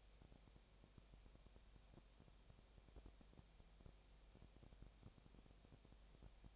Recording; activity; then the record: daily activity, microphone in the room; no activity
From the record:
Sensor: 1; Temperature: 19.8 degrees Celsius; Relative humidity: 37.9%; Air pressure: 998.8 hPa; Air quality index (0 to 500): 233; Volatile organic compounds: 134 ppm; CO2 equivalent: 3949 ppm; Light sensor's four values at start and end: 1/2/1/1 and 1/2/1/1